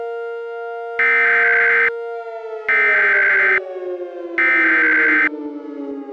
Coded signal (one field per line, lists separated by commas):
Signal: Emergency Alert System (SAME) tones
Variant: header bursts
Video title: EAS - ???